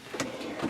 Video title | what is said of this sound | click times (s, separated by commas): 4x4 VAN LIFE - Overland OFF GRID Mercedes Sprinter 4wd Camper Van Tour | and then it has this click sound so very sturdy | 0.2 s